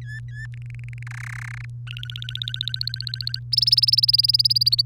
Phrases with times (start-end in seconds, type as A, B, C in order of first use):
0.01-0.46 A, 0.54-1.03 B, 1.06-1.65 C, 1.87-3.39 D, 3.52-4.82 E